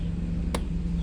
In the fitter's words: Yan naka-lock na.